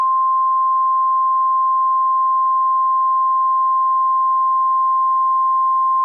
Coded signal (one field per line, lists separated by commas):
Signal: Emergency Alert System (SAME) tones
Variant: 1050 Hz attention tone